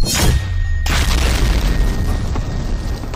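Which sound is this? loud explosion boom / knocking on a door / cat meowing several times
loud explosion boom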